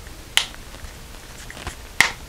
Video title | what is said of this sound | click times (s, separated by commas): LG K92 charging port replacement | can hear it audible click that it snapped into place | 0.4 s, 2.0 s